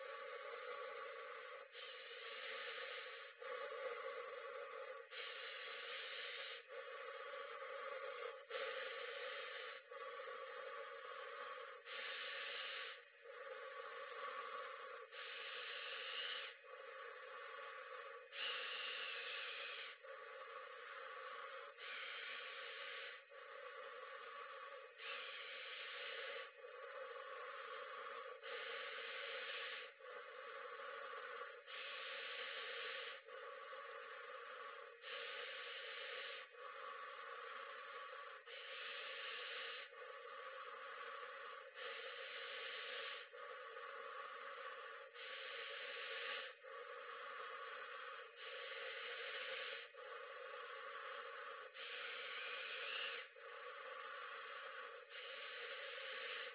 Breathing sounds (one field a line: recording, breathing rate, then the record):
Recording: paced breathing near a phone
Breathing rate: 18 breaths a minute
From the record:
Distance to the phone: 40 cm